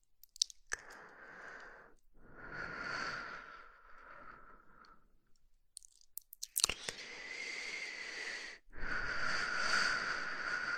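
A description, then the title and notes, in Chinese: Slow breathing, with long airy breaths of roughly two to three seconds each separated by short silences. Small clicks and mouth sounds crop up between breaths, especially near the start and around six to seven seconds. 缓缓的呼吸声。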